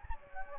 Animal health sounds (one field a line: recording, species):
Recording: mosquito wingbeat signal from an infrared sensor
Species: Anopheles gambiae